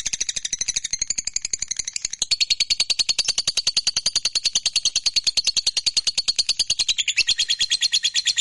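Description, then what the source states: Lovebird singing a long, fast, buzzy rattling trill of rapid repeated high notes, shifting slightly lower in pitch after about two seconds and continuing steadily. Lovebird described as a fighter bird, gacor (singing energetically).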